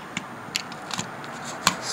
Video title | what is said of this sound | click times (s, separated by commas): Miniaturized rotary converter | and rest on and just pops right in just like that | 1.7 s